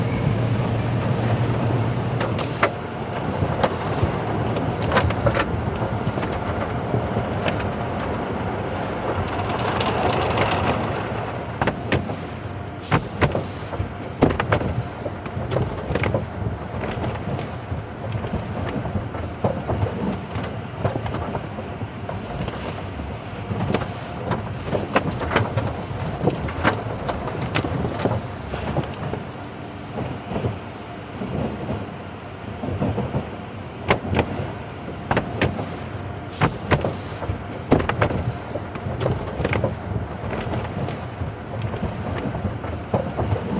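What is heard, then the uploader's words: An automatic car wash hums with dense, steady spraying water and frequent brush thumps and clatters, loudest and busiest early on. Automatic Car Wash. The gentle vibrations of the brushes and the rhythmic splashing of the water. The white noise generated by the machines.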